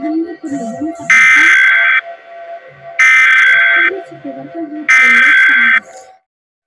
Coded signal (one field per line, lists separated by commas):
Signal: Emergency Alert System (SAME) tones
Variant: header bursts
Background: speech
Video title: ⚠️more three eas alarms free for use⚠️